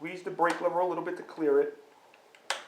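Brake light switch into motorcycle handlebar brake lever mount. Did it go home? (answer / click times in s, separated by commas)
yes / 2.5 s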